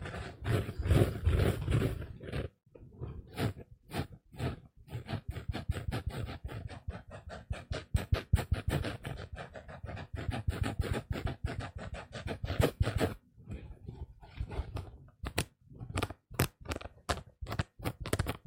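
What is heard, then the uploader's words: A sponge scrubbed against a surface, moving from a dense, rumbling rub over the first two seconds to rapid, regular back-and-forth strokes. The scratchy strokes run fast and steady, with brief pauses near 2.5 and 13 seconds, then thin into spaced, separate swipes toward the end. ASMR Sponge scratch Soft & Rough sounds (No Talking).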